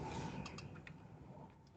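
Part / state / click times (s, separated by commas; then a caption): inner cannula into a tracheostomy tube outer cannula / seated / 0.9 s. A plastic inner cannula is pushed into the outer cannula of a dual-lumen tracheostomy tube, with small wings around its edge meant to click into place. Faint mechanical ticks come at 0.5 s and 0.6 s, and a sharper click at 0.9 s marks the inner cannula seating, all over a steady low background hum.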